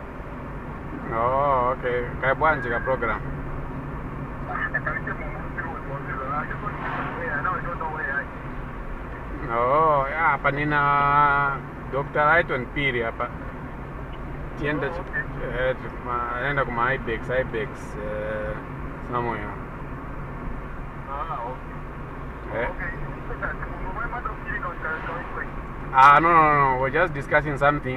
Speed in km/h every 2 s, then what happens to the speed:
41, 40, 40, 42, 42, 41, 39, 40, 42, 41, 41, 40, 41, 38.
0-25 steady at about 41.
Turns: none.